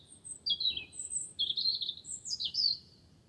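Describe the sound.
Wren giving brief, high, sweeping notes that slide downward and upward in quick succession, forming a short twittering phrase.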